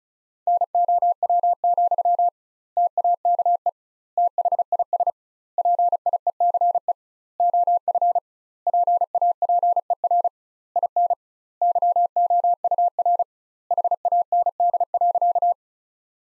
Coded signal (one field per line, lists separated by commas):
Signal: Morse code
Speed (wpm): 36 wpm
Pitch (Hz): 700 Hz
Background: none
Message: NOW, TAKE THIS PIECE OF PAPER IN YOUR HAND.